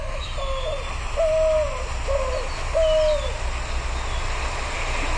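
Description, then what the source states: White-winged Dove song, soft hooting coos with two longer drawn-out notes, over steady low rumbling background noise. Recorded on a cell phone and played back on air; the call sounds owl-like.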